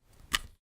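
A headphone plug is pulled out of a smartphone's headphone jack, giving a single sharp click at 0.35 s over faint low rustling that ends by about 0.57 s. The plug comes out with resistance and a little noise, the sign of a properly seated plug, and it is released.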